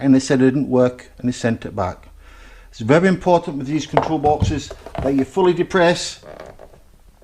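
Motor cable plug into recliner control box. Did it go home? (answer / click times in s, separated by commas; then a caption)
no / none. Someone talks while handling a motor cable plug at the socket of an electric riser recliner control box, where it must be fully depressed or the box won't work. Only speech is heard, with a faint brief tap near the end. Nothing has seated or clicked yet.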